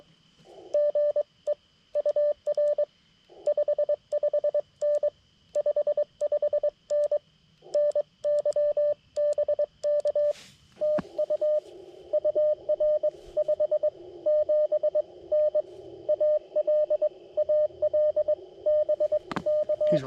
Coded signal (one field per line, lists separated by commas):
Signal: Morse code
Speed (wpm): 22 wpm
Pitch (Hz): 590 Hz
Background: radio noise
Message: GE UR 55N 55N NY BK TU UR 57N AL AL BK